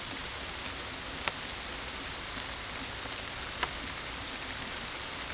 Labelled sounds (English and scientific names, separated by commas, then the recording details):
none
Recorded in secondary vegetation near Puerto Asís, Putumayo, Colombia, on 22 December 2024 at 19:30
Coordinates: 0.468, -76.324
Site G095